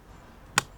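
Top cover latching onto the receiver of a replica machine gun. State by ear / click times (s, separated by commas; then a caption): seated / 0.6 s. The metal top cover of a Denix MG 34 replica machine gun, its catch filed down so the cover would not open too easily, is closed onto the receiver. After a quiet lead-in, a single sharp, bright click sounds at 0.6 s as the cover latches and fits perfectly.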